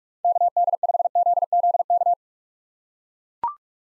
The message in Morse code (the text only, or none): KD5ZZK